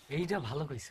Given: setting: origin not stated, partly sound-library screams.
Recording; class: one-second piece from a danger detection set; normal situation